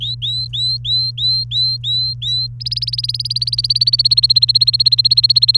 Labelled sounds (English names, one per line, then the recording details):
Domestic Canary song
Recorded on 29 April 2018 at 10:24
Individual llb3